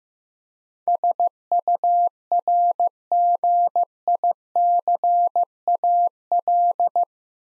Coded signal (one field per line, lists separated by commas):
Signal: Morse code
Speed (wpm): 15 wpm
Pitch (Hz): 700 Hz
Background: none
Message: SURGICAL